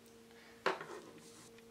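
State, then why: Seated. A small plastic SD memory card is pushed into the SD card slot of a projector. A single sharp click lands at 0.7 s over a low, steady background hum, and the card is seated in the slot.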